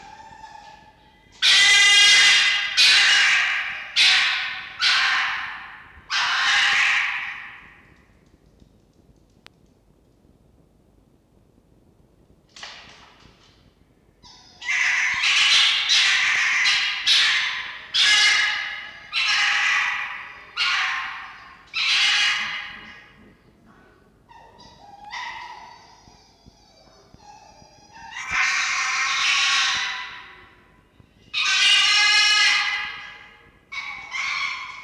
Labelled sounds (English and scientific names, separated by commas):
Red Fox (Vulpes vulpes)